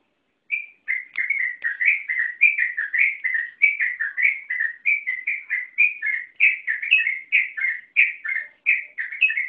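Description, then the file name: Yellow-vented bulbul singing a long, rapid run of liquid warbled notes, each slurred up and down, flowing almost without pause. Song style called ropel panjang, a long rapid-fire song run. "suara burung trucukan ropel panjang"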